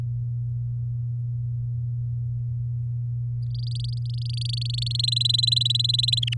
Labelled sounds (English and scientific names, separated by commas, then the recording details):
Domestic Canary (Serinus canaria) song
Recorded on 10 May 2018 at 16:24
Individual llb16